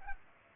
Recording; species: mosquito wingbeat signal from an infrared sensor; Culex pipiens